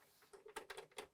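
A replacement screw is handled at a game console housing hole that was suspected to be stripped, producing a series of short, sharp ticking and scraping transients with bright mid-to-high frequency content. Nothing has seated or clicked yet; the screw later bites and holds in the hole.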